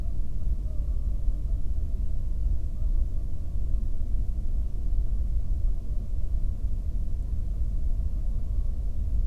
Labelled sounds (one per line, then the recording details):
bird
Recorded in the Prudhoe Bay oil fields, Alaska, on 22 May 2019 at 00:57
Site 19